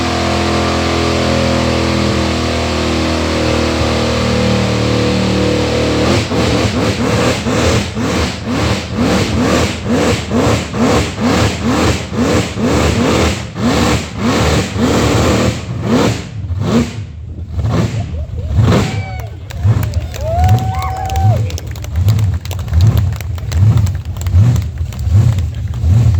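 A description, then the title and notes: A car doing a burnout: a steady engine drone for the first six seconds, then a fast, regular pulsing throb as the engine is worked hard and revved. Hissing tire noise comes and goes, with a brief squeal near twenty seconds. Holden Burnout at Skid Lane.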